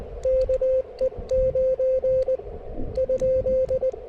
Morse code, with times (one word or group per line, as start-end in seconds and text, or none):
0.3-2.4 KE9
3.0-3.9 ?